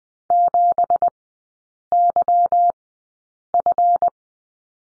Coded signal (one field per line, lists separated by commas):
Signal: Morse code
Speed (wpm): 20 wpm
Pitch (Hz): 700 Hz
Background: none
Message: 7YF